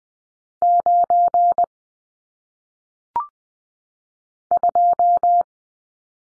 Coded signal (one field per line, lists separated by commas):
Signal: Morse code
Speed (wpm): 20 wpm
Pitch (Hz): 700 Hz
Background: none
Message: 9 2